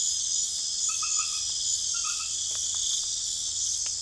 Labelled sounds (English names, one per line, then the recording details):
none
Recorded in pastures near Puerto Asís, Putumayo, Colombia, on 28 February 2025 at 22:30
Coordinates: 0.505, -76.324
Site GP08